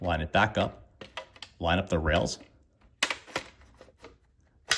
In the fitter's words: Hear the click,